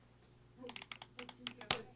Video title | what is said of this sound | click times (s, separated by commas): 2/24/26 Learn Bernina w/ Steve & John | click like a like a hard click. That means it's tightened. | 1.7 s